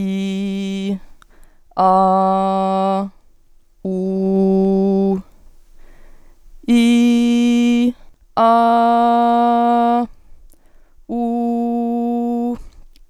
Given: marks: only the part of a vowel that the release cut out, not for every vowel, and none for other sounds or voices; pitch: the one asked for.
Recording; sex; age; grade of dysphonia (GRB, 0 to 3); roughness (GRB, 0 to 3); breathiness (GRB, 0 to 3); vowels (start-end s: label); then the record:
sustained vowels; female; 20 to 29 years; 0; 0; 0
0.00-0.85 s: vowel /i/, normal pitch
1.92-2.94 s: vowel /a/, normal pitch
4.02-5.05 s: vowel /u/, normal pitch
6.86-7.79 s: vowel /i/, high pitch
8.60-9.92 s: vowel /a/, high pitch
11.28-12.38 s: vowel /u/, high pitch
From the record:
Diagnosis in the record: healthy voice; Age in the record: 25 years